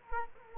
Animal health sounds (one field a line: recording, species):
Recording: mosquito wingbeat signal from an infrared sensor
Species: Culex quinquefasciatus